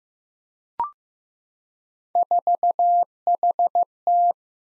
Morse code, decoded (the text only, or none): 4HT